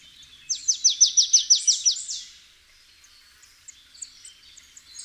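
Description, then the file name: Marsh tit call, a fast series of about nine sharp high notes in under two seconds, followed by faint scattered chips. "Poecile palustris"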